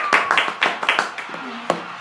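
A short burst of applause: a handful of sharp, uneven claps tapering off over about two seconds, with a faint murmur of voice beneath them.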